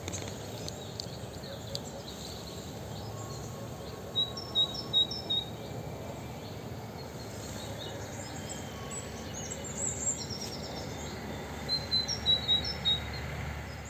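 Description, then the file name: Great tit calls: two short bursts of three or four clear, high, evenly spaced notes, several seconds apart, over a steady hiss. "Parus major"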